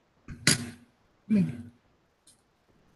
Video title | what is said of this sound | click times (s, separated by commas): Friday Night Bricks #12 | it snaps right snaps right yeah snap right in it it works exactly like it would | 0.5 s